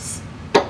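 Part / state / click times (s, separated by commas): child car seat lower anchor connector onto vehicle anchor bar / seated / 0.5 s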